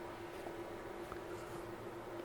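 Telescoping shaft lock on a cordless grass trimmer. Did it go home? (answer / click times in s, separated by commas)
yes / 1.1 s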